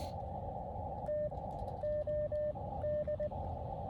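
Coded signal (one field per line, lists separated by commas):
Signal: Morse code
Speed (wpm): 19 wpm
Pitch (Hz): 600 Hz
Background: radio noise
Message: T O D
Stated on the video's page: Combined SOTA and POTA QRP activation from a small winter hill summit, with a lot of DX worked.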